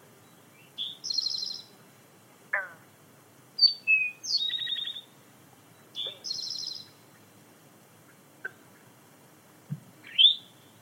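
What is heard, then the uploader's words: Birds call in a quiet forest, bright chirps and short whistled phrases coming every second or two, some with quick buzzy trills. A few sharp clicks or knocks fall between the calls, over a soft, low, steady background hush. Soundscapes from different forests around the world.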